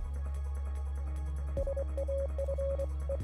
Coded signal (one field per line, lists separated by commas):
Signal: Morse code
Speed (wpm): 24 wpm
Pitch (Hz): 550 Hz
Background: music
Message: SAFE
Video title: Morse Code Portfolio Film